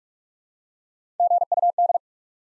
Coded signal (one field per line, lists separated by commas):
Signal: Morse code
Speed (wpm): 44 wpm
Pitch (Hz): 700 Hz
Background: none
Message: GUD